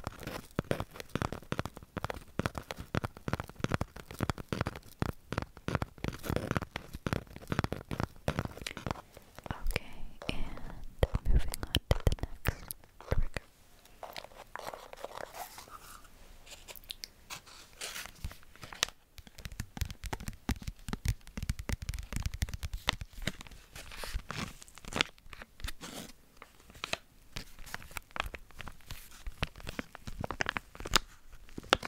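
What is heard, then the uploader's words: Intense bare-mic ASMR triggers: dense, rapid crackling and scratching taps, heaviest early, easing briefly near fifteen seconds, then resuming with crunchy rustles. ASMR Intense Bare Mic Triggers.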